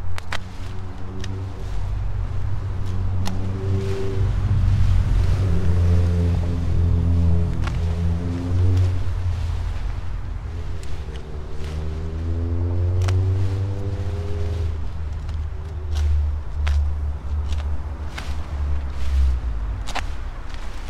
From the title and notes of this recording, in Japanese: やっと晴れて、サツマイモツル切り。久しぶりの青空を見ながらの昼間、サツマイモ収穫準備で伸びたツルを株元から切っていきます。よく研いだ鎌で一切り。